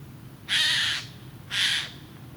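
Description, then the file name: Eurasian jay delivering two loud, raspy screeches about a second apart, the first longer, over a quiet low hum. "Garrulus glandarius"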